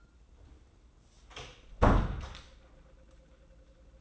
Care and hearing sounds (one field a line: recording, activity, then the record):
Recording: daily activity, microphone in the room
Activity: close door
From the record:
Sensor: 3